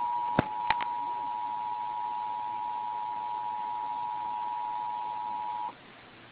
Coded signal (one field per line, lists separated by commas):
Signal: Emergency Alert System (SAME) tones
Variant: 853 and 960 Hz attention tone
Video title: EAS #2 - Required Monthly Test